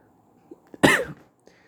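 A single sharp, explosive cough from an adult man, lasting about a third of a second, with a strong burst at onset that trails off, in an otherwise quiet room. It is one isolated cough from a cough that has not yet healed.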